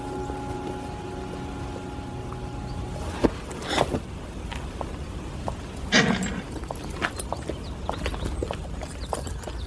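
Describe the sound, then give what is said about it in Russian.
A ridden horse walks along a dirt forest road, its hooves clip-clopping in an uneven, unhurried rhythm of soft knocks. A faint steady tone hums underneath during the first few seconds. “на лучке едет по лесной дороге”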